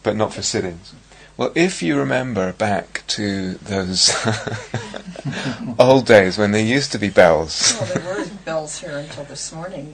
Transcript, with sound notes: But not for sittings. Well, if you remember back to those [laughs] old days when there used to be bells...
Well, there weren't bells here until this morning.